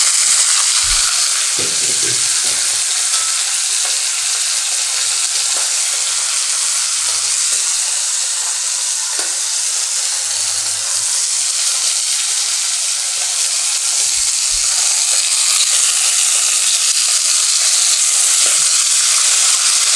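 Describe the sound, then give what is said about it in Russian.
Meat steaks sizzle steadily in hot olive oil as they are browned on both sides to a golden crust, a dense, bright crackle that holds at an even level throughout, with a few soft low bumps and knocks from the pan underneath. No one speaks. “Мясо я обжариваю. В оливковом масле с двух сторон до золотистой корочки.”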